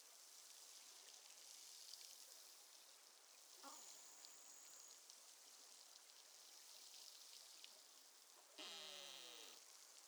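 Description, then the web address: Beluga calls: a faint short whistle, then a downward harmonic sweep near the end, all under constant hissing underwater noise. Northern Baffin Bay, 19 July 2015. "BELUGA Baffin north 20150719"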